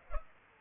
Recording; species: mosquito wingbeat signal from an infrared sensor; Culex pipiens